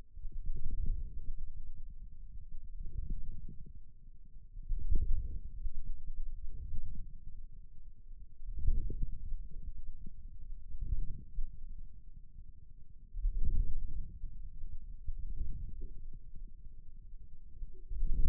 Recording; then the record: forearm muscle sounds (acoustic myography)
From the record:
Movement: inward rotation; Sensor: system 2, bracelet of six BSWA MPA416 microphones around the upper forearm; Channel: 4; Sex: male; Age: 22 years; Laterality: right